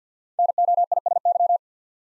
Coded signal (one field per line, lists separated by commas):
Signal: Morse code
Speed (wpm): 48 wpm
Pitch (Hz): 700 Hz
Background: none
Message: NOISY